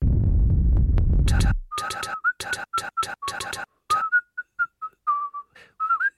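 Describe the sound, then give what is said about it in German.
A low rumbling noise fades out, then someone whistles a tune of short, choppy notes that bend and slide in pitch, with no talking. “Pfeifen, Schnee, Schwaden von vollkommener klanglicher Fülle.”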